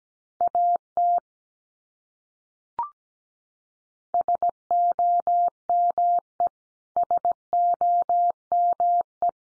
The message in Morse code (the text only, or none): AT SOME SOME